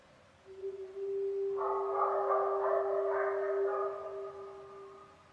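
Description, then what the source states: Coyotes break into a quavering howl chorus for about three seconds over a steady humming tone, then fade away. Several coyotes, recorded on 5 November 2015.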